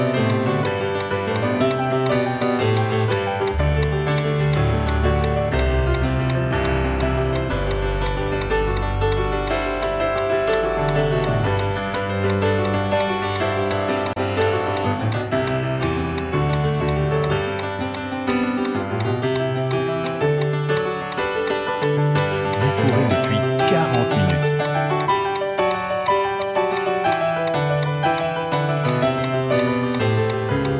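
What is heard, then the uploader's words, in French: A metronome set for running at 170 steps per minute ticks quickly and evenly over dense, continuous music with a deep, moving bass line and sustained chords. Loudness stays level throughout, with a brief brighter flare near 23 seconds. La séance vous permet d’avoir un métronome pour courir à une cadence de 170 pas par minute pendant 1 heure.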